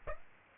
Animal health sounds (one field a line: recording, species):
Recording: mosquito wingbeat signal from an infrared sensor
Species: Aedes aegypti